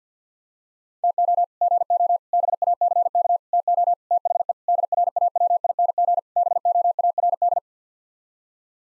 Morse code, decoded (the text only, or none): TO GO BACK TO THE DRAWING BOARD